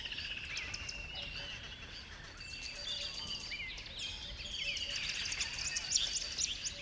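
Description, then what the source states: Birds twittering and trilling in a continuous chorus, busier toward the end, over a hissing background. Birds on a river bed at dawn.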